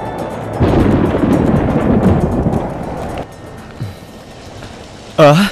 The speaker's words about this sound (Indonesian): Hujan? Benar, kelihatannya semakin deras.